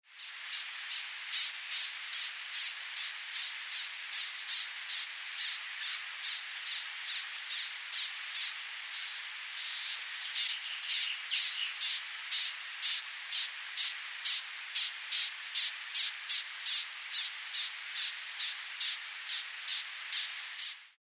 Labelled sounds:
Lily Beetle
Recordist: Tembrock, Günter
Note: Stridulationsgeräusche

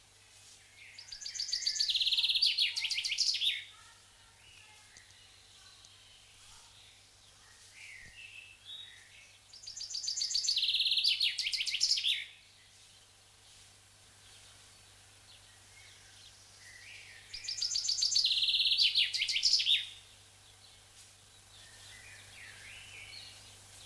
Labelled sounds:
Common Chaffinch song
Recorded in the wild
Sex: male
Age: adult
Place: Schönholzer Heide, Berlin, DE
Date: 1999-05-16 13:20
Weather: fair, 13 - 14°C
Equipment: Sony MD-WM MZ-R3, Sennheiser MKH 416 T, Kopie Uher 4000 Report Monitor
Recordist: Tembrock, Günter

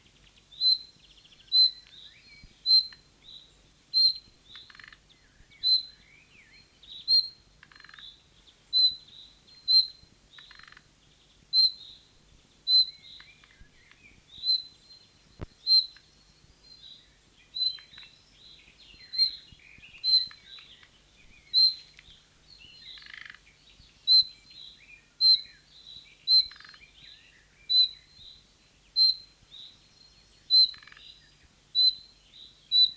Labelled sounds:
Thrush Nightingale alarm call
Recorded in the wild
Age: adult
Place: Vilmnitz, Insel Rügen, Mecklenburg-Vorpommern, DE
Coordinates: 54.3411, 13.5356
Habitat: briar
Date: 1979-06-21 11:04
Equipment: ITT Schaub-Lorenz Studio Recorder 72, Verstärker, Sennheiser MD 421 HL, Kopie Uher 4200 Report
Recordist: Tembrock, Günter

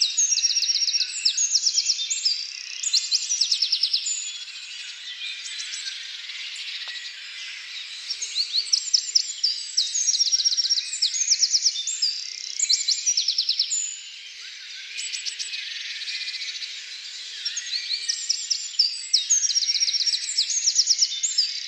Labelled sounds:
Eurasian Wren song
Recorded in the wild
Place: Lilienhof / Kaiserstuhl, Baden-Württemberg, DE
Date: 2000-04-16
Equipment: MiniDisc Sharp MT 20 H
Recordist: Schwarz, Dieter

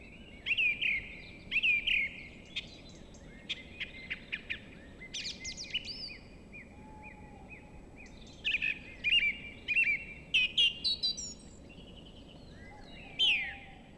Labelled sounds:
Song Thrush song
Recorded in the wild
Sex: male
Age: adult
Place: Villach, Kärnten, AT
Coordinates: 46.6, 13.85
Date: 1972-03-24
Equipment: Uher 4100 Report-V, Sennheiser MKH 804
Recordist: Brunner, Thomas
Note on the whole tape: Auf der Napoleonswiese aufgenommen

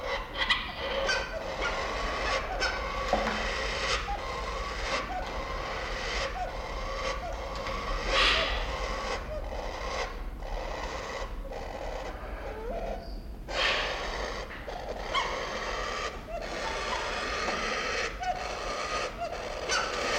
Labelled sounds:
Malabar Pied Hornbill call
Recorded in captivity
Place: Zoo Berlin, Berlin, DE
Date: 1992-07-11 11:18
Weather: bedeckt, z.T. Regen, 17-22°C
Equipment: Marantz CP 430, Sennheiser ME 80, Kopie Tesla B 116
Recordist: Tembrock, Günter

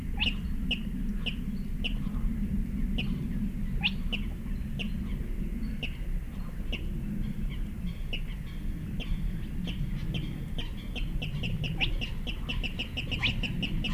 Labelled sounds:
Spotted Crake
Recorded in the wild
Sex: male
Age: adult
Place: Kützerhof, Kummerower See, Mecklenburg-Vorpommern, DE
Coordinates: 53.8506, 12.8711
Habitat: wetland
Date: 2009-05-07 21:50
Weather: bedeckt, windstill, ca. 10°C
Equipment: Sound Devices 702, Sennheiser MKH 70, Rycote Windschutz
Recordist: Frommolt, Karl-Heinz

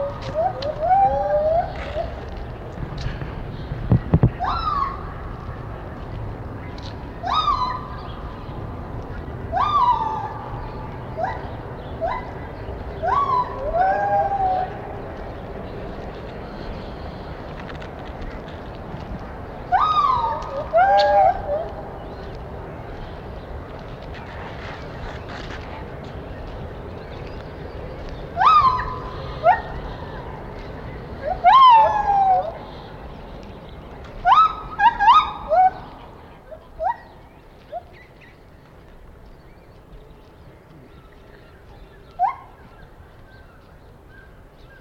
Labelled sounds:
Lar Gibbon
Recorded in captivity
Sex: pair
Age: adult
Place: Tierpark Berlin, Berlin, DE
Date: 1989-12-26
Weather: sonnig, -2°C
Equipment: Sony WM-D6C, Kopie 19 cm
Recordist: Tembrock, Günter

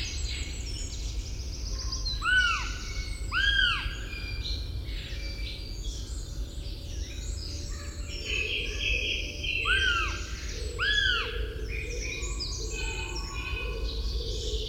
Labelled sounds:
Northern Goshawk call
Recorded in the wild
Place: Trent, Insel Rügen, Mecklenburg-Vorpommern, DE
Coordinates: 54.495, 13.302
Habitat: Forest
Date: 1977-03-27
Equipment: Nagra III BH, Sennheiser MD 21, parabola
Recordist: Schubert, Michael
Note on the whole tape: Habicht lahnt und kickert im Brutgebiet, später auch 1 x Duett-Lahnen

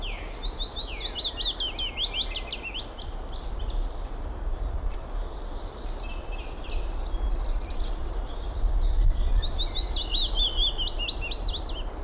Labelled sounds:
Willow Warbler song
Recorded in the wild
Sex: male
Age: adult
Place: Summt, Brandenburg, DE
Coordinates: 52.6903, 13.3625
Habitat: garden
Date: 1991-04-13 14:45
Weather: sunny, 18 °C
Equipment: Marantz, Sennheiser ME 80, Kopie Tesla B 116
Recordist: Tembrock, Günter
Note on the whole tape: Gesang (ungewöhnliche Langstrophe dabei), auf dem Grundstück

